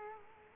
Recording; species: mosquito wingbeat signal from an infrared sensor; Culex quinquefasciatus